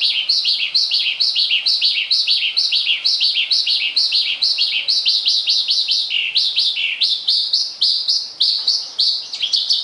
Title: Suara Burung Branjangan